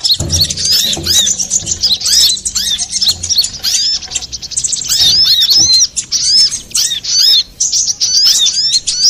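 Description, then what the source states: Little spiderhunter song: hurried high-pitched chips and downward-curving whistles in quick phrases, a few low thuds early on. Used to train cage birds; Indonesian name sogok ontong, labelled labaik.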